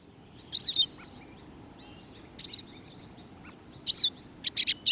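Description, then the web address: Pine siskin gives short buzzy twittering calls spaced about one and a half seconds apart, ending in quick high chips, over faint background noise. "2015 05 pine siskin song and calls"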